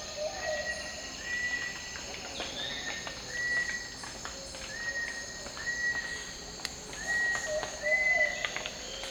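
Cinnamon attila whistles, pure and level, given in a loose series against steady background noise.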